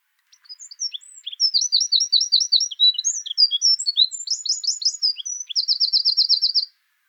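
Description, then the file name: Eurasian wren singing a bright, rapid outpouring of high twitters and rattles, finishing with an even, fast trill. "Troglodytes troglodytes"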